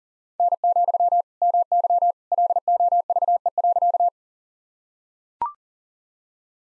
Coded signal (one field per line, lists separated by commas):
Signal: Morse code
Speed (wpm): 40 wpm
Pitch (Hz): 700 Hz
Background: none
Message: N, MY LOVE.